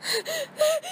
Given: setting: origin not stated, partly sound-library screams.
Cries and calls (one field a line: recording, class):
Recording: one-second piece from a danger detection set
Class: woman in danger